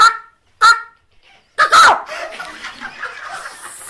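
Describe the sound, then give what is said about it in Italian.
A hen guiding her chicks to scratch the ground for seeds and worms squawks in protest: two short, sharp calls, a pause, then a longer harsh outburst that trails into a stream of quieter, agitated clucking and chatter. “andava a protestare la gallina e guidava i suoi pulcini a razzolare nel cerchio, grattando il terreno in cerchia di semi e di vermi.”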